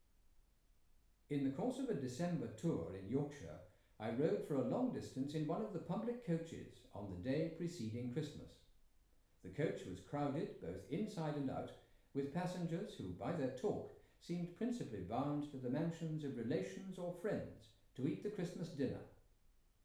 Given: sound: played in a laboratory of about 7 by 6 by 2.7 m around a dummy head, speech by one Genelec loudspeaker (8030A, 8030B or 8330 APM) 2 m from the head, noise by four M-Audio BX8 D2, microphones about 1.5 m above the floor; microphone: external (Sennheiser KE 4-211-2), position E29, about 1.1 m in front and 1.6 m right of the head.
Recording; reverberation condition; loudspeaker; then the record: male speech in English; medium; 30 degrees to the right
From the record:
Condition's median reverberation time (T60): about 510 ms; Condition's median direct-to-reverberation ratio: about -0.5 dB